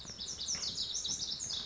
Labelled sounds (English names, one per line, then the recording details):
Lazuli Bunting
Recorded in Sonoma County, California